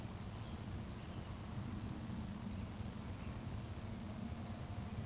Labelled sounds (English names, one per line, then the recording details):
Eurasian Woodcock chase call
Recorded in Baden-Württemberg, Germany, on 25 June 2020 at 19:55 UTC
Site 14569, 102 m above sea level